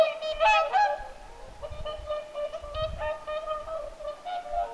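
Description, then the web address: Whooper swans honk loudly in overlapping bugles, accompanied by intermittent low rumbling noise in the background. Whooper swans calling at Lintulahti, 6 November 2025. "paivat 6 11 2025 laulujoutsenten aantelya lintulahdella"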